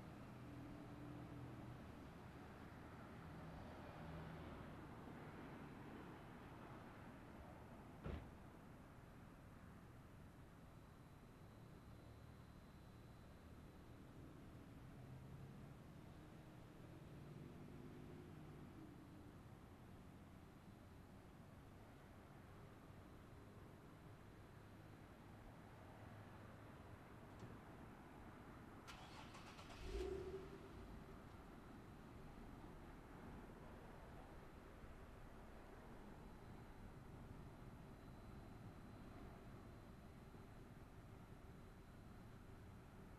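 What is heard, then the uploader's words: Car doors slam shut with sharp single thuds, one at about 8 seconds and another near 30, the second preceded by a short bright clatter. A steady low rumble, like a plane overhead, runs unbroken beneath them for the whole clip. Sitting outside of Amélie's on East 36th street.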